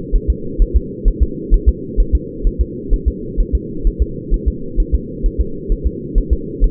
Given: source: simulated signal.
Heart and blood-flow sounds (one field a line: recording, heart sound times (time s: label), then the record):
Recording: fetal heart sounds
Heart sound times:
0.16 s: S1
0.30 s: S2
0.62 s: S1
0.76 s: S2
1.08 s: S1
1.23 s: S2
1.54 s: S1
1.69 s: S2
2.00 s: S1
2.15 s: S2
2.47 s: S1
2.61 s: S2
2.94 s: S1
3.08 s: S2
3.41 s: S1
3.55 s: S2
3.87 s: S1
4.02 s: S2
4.34 s: S1
4.48 s: S2
4.80 s: S1
4.95 s: S2
5.26 s: S1
5.41 s: S2
5.72 s: S1
5.87 s: S2
6.18 s: S1
6.33 s: S2
6.64 s: S1
From the record:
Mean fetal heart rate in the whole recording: 130 bpm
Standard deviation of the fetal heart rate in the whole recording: 2 bpm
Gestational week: 38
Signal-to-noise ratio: -4.3 dB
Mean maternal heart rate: 72 bpm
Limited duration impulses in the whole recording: absent